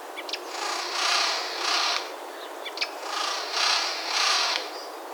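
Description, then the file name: Eurasian jay harsh screeching calls: several rasping, noisy screams, each about half a second long, with a few short dry clicks. "Garrulus glandarius"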